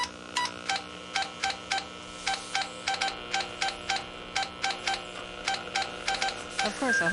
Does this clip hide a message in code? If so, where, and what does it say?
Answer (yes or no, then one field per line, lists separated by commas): no